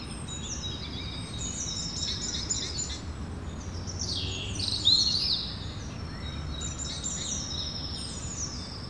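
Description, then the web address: Birds chirping and trilling high, a brief louder twittering burst near the middle, with a soft low hum underneath throughout. Birds recorded in the evening. "Effects 02-Birds, Insects Animals. Birds evening"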